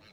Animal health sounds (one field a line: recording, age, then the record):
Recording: pig call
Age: piglet (1 to 25 days)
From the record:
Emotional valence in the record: positive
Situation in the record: reunion after long isolation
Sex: female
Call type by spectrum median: low-frequency call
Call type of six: low-frequency tonal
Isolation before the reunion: 8 minutes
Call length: 0.12 s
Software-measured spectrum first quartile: 536 Hz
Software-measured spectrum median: 1861 Hz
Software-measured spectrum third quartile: 3433 Hz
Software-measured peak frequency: 190 Hz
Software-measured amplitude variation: 46 dB a second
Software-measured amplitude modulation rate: 12.0 a second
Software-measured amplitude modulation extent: 3.9 dB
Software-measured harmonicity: 0.7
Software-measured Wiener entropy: -1.00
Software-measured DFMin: 669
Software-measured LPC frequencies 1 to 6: 459, 1456, 2243, 2809, 4078, 5380 Hz